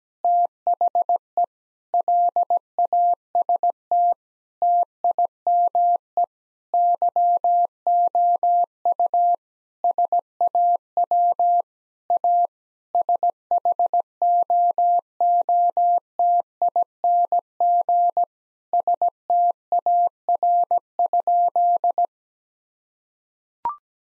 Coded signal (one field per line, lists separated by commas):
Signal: Morse code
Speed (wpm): 17 wpm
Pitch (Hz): 700 Hz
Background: none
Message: THE LAST TIME YOU SAW A SHOOTING STAR?